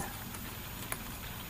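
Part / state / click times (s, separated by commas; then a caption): suction-cup mount sliding into a dash cam body / seated / 0.9 s. A small plastic suction-cup mount piece is slid into the slot on the body of an Insignia dash cam being installed in a motor home. A single sharp click at 0.9 s stands out over a steady low background hiss, and the mount locks in place on the camera.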